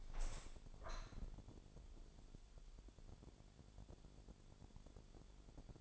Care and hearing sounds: daily activity, microphone in the room; open window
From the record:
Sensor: 5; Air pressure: 1000.6 hPa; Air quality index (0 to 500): 142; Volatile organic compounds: 2 ppm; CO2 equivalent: 1091 ppm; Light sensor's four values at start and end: 41/96/40/44 and 41/97/40/44

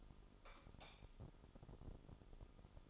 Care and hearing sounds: daily activity, microphone in the room; light off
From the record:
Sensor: 5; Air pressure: 988.5 hPa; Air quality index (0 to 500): 213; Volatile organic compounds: 106 ppm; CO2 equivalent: 3792 ppm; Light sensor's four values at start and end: 46/139/54/58 and 45/134/52/56

